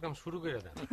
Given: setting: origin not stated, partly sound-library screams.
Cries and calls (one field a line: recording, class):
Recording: one-second piece from a danger detection set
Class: normal situation